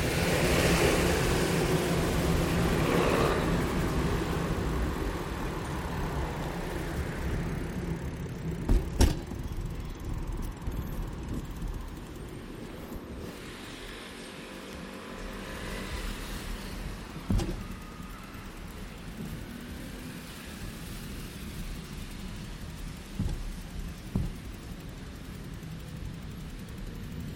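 A city-centre soundscape in Bogotá recorded from a bicycle, with a steady low rumble of traffic throughout. Louder passing vehicles fill the first few seconds, then the noise thins. Sharp clicks or knocks stand out around 9, 17 and 23–24 seconds.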